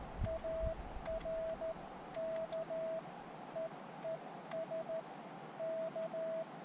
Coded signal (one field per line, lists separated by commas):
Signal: Morse code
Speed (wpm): 13 wpm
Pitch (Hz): 650 Hz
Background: radio noise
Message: AR K EES K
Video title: QRP Adventure. Thank goodness for CW. Portable Ham Radio.